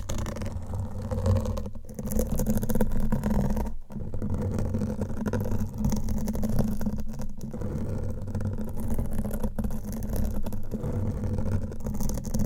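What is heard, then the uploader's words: Nails scratching over a microphone make a dense, continuous rasping rub with a strong low rumble beneath it. The texture churns constantly, with brief near-silent breaks around the two- and four-second marks and a few short dips later on. Mic Scratching - Brain Scratching with Different Nail Shapes.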